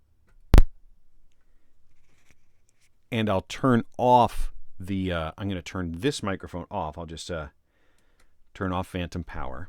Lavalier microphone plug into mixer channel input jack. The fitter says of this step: this channel. May hear a click.